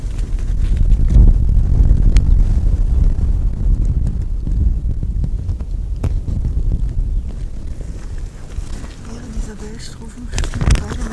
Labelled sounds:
Arctic Fox (Vulpes lagopus)
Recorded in the wild
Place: Insel Mednyi, Kommandeur-Inseln, RU
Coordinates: 54.5167, 168.083
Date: 1999-07-12 18:24
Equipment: Sony WM-D6C, Sennheiser ME 80, K 30 AV, Windkorb, Kopie Sony TCD-D8
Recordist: Jakupi, Antje

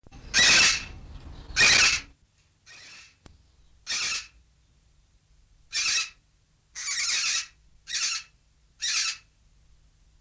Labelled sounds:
Major Mitchell's Cockatoo (Lophochroa leadbeateri) call
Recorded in captivity
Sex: female
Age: adult
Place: Zoo Berlin, Berlin, DE
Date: 2007-03-30 15:15
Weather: sonnig, 17°C
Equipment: Sony WM-D6C, Sennheiser ME 80, Kopie Uher 4000 Report Monitor
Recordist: Tembrock, Günter
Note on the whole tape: Weibchen: Lautfolgen

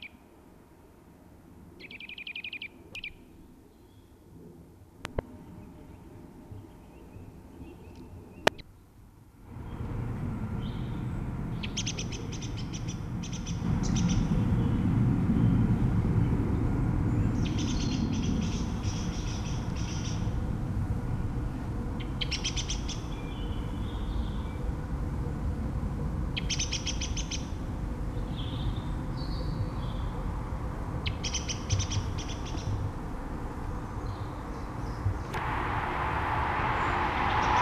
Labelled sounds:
Eurasian Nuthatch (Sitta europaea) call
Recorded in the wild
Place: Kaiserslautern, Rheinland-Pfalz, DE
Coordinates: 49.3933, 7.74667
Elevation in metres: 323
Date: 1972-03-09
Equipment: Uher 4000 Report, AKG D 24, Parabolreflektor
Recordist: Tretzel, Erwin

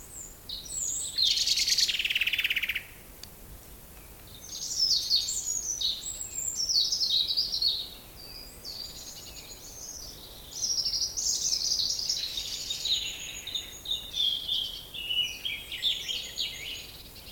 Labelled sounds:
European Robin (Erithacus rubecula)
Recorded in the wild
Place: Groß Schönebeck, Schorfheide, Brandenburg, DE
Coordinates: 52.9, 13.53
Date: 1996-04-07 19:29
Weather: heiter, 15°C, z.T. windig
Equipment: Nagra SN, Sennheiser MKH 416 T, Kopie Uher 4000 Report Monitor
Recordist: Tembrock, Günter

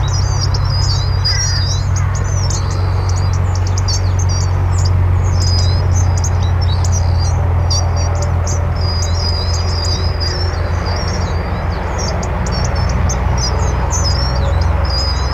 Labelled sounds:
Hawfinch (Coccothraustes coccothraustes) call
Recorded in the wild
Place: Wegfurt, DE
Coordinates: 50.3972, 10.0869
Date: 1964-04-03
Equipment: Uher Report 4000, AKG D190
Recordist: Krey, Winfried

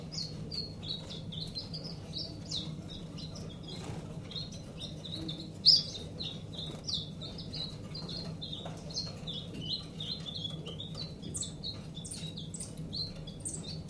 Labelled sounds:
Common Chiffchaff (Phylloscopus collybita) call
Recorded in captivity
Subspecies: collybita
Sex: diverse
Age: adult
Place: Zoologisches Institut Universität Tübingen, Baden-Württemberg, DE
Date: 1964-09-18 13:30
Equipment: Nagra III PH, Parabolspiegel, LGS26
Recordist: Schneider, Hans-Joachim
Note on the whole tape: 1.Aufn.: Volierenanlage: Wanderrufe. Aufnahme mit Parabolspiegel. 2.Aufn.: Im Vogelzimmer: Männchen blau/grün - gelb/rot, schnelle Lautreihen ähnlich Teil C von coll.brehmii. Aufnahme vom 21. Januar 1965, 7 Uhr 55. Weitere Informationen als Ansagen auf dem Band. MaAs: M.Sch

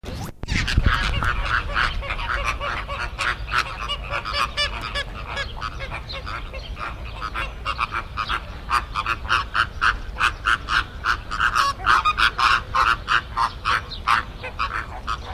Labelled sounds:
Greater Flamingo (Phoenicopterus roseus) aggressive call
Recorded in captivity
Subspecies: roseus
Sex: group
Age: adult
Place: Tierpark Berlin, Berlin, DE
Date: 1978-04-10 12:17
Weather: sunny, 14°C
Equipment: Uher 4200 Report Stereo, Sennheiser MD 421 HL, Verstärker
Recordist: Tembrock, Günter
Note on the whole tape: Rosaflamingo, Phoenicopterus ruber roseus (bei Tembrock). Agonistische Laute. Abstand: 15 m

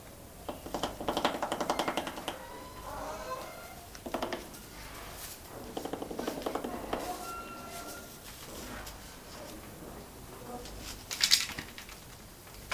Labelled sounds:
Trumpeter Hornbill (Bycanistes bucinator) drumming
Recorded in captivity
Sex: female
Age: adult
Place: Zoo Berlin, Berlin, DE
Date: 1997-11-15 12:15
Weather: bedeckt - leichter Regen, 5°C
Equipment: Nagra SN, Kopie Uher 4000 Report Monitor
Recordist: Tembrock, Günter

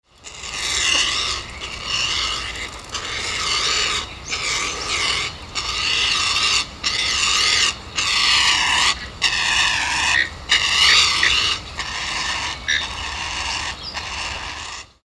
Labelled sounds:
Black-faced Ibis (Theristicus melanopis)
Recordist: Tembrock, Günter
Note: Bettellaute eines Jungvogels

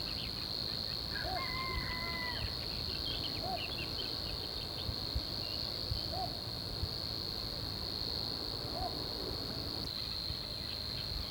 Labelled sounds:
Little Bittern (Ixobrychus minutus) song
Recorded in the wild
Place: St. Urban
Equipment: Hornyphon Bandgerät, Phillips Mikrofon Type EL 6020
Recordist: Brunner, Thomas
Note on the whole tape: Zwergdommel, Gesang. Im Frühjahr 1966

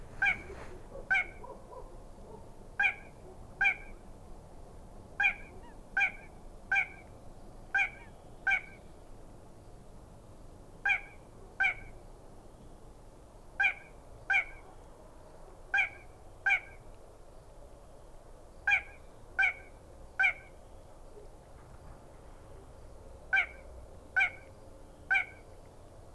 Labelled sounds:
Little Crake (Porzana parva) song
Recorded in the wild
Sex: male
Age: adult
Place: Gartz (Oder), Nationalpark Unteres Odertal, Brandenburg, DE
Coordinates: 53.1, 14.35
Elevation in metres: 1
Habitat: wetland
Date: 2016-04-22 22:28
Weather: clear, 5°C, almost windless
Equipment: Sound Devices 702, Sennheiser MKH 70, Rycote Windschutz
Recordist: Frommolt, Karl-Heinz

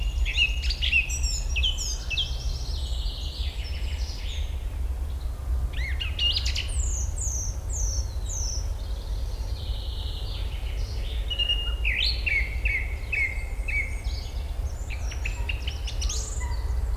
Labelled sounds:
Song Thrush (Turdus philomelos) song
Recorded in the wild
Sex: male
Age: adult
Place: Erlangen, Bayern, DE
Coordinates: 49.6086, 10.9697
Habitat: carr
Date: 1961-04-16
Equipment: Stellavox SM 4, Original, Vollspur
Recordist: Tretzel, Erwin

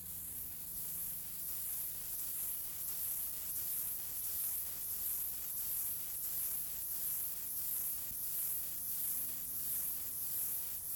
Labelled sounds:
Stripe-winged Grasshopper (Stenobothrus lineatus) stridulation
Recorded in the wild
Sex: male
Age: imago
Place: Treuchtlingen, Heumöderntal, Bayern, DE
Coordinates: 48.96, 10.91
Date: 1993-09-21
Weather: 24 °C, sonnig
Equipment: Marantz CP 430, Sennheiser MKH 416 T, Kopie Uher Variocord 263
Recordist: Tembrock, Günter

